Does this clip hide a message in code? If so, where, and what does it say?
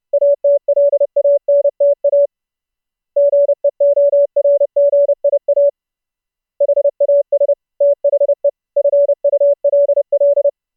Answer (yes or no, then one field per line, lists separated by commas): yes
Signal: Morse code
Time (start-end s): 0.1-10.5 s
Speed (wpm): 30 wpm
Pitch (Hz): 570 Hz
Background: none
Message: ATLANTA GEORGIA HAS THE FULL